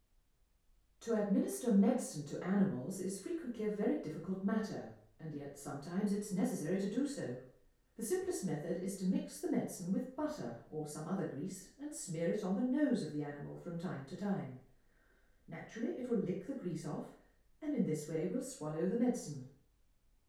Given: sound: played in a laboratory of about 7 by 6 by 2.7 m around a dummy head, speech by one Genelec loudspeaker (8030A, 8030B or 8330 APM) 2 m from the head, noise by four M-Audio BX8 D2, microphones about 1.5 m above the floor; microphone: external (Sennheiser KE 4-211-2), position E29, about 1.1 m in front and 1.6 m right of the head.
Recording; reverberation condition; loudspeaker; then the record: female speech in English; medium; 120 degrees to the right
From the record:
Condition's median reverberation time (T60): about 510 ms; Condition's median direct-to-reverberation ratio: about -0.5 dB